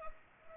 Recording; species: mosquito wingbeat signal from an infrared sensor; Culex pipiens